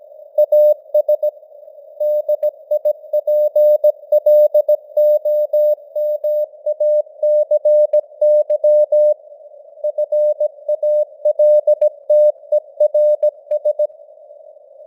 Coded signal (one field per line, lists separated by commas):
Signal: Morse code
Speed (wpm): 17 wpm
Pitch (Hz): 600 Hz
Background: none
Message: AS DIPLOMACY FALTERS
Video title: Morse Code News | 2025-10-10 | 17wpm